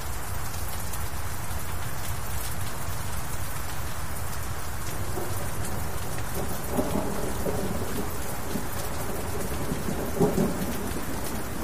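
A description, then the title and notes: Steady rain falls on a castle, a dense, even hiss of drops with a low rumbling undertone throughout. Faint thunder rolls in around the middle, and a brief louder rumble swells near the ten-second mark before settling back into the rain. Rain On Castle With Thunder And Lightning.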